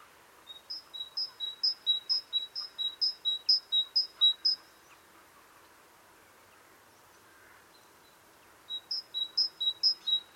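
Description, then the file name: Great tit singing a quick see-saw series of high-low paired notes, about nine pairs, then a few seconds of quiet before a short second burst resumes. "Parus major"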